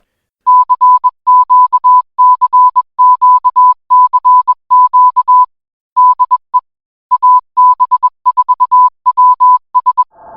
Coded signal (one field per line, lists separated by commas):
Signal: Morse code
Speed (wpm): 21 wpm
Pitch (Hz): 1000 Hz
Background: music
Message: CQCQCQ DE AB4WS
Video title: AB4WS RADIO SHOW Week of April 26, 2024